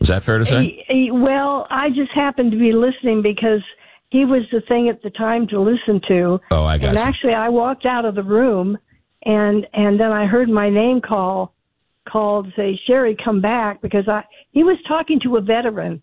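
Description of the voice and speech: A woman calling in by phone to a talk radio show speaks fluently and clearly, with a host briefly interjecting: ordinary adult speech over a telephone line.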